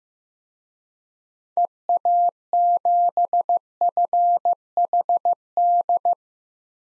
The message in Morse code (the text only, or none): EA7FHD